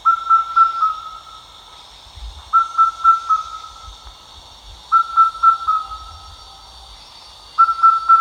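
Indian cuckoo giving its clear four-note whistled phrase, repeated about every two and a half seconds, over a steady high background drone.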